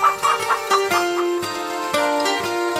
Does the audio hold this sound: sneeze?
no